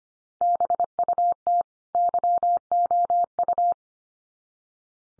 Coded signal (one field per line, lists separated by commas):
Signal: Morse code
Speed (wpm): 25 wpm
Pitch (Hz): 700 Hz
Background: none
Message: BUT YOU